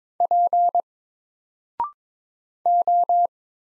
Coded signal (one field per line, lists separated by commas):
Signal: Morse code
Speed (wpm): 22 wpm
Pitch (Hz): 700 Hz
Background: none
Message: P O